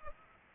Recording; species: mosquito wingbeat signal from an infrared sensor; Culex pipiens